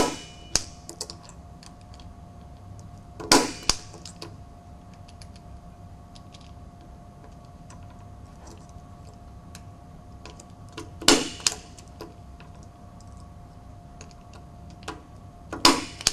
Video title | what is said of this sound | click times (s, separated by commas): Corey Davis - How to wire a Cat-5 cable | over the pin and push down till I hear the click by following the | 0.6 s, 3.3 s, 11.1 s, 15.6 s